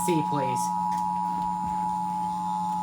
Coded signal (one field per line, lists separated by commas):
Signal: Emergency Alert System (SAME) tones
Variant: 853 and 960 Hz attention tone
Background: speech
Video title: CT RMT Sept 13 2019 EAS 455